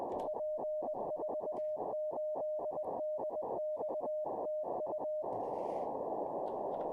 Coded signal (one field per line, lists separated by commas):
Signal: Morse code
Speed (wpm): 20 wpm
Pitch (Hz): 610 Hz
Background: radio noise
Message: P48DX TU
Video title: How To Learn Morse Code LIVE with N0SSC (Day 26)